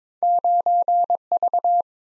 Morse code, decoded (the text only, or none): 9V